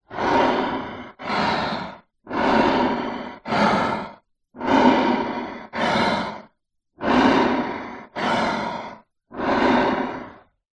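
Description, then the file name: Lion breathing: slow, heavy, breathy rasps in paired in-and-out breaths, about nine breaths across eleven seconds, with short silent gaps between pairs. Breathing while asleep. "zapsplat animals lion"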